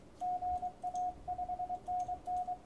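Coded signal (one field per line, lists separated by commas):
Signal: Morse code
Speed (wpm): 22 wpm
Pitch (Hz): 720 Hz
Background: radio noise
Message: GA 5NN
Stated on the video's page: Morse on a 6 m band opening to Europe, working European DX stations.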